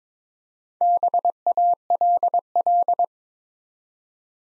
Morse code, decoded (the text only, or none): BALL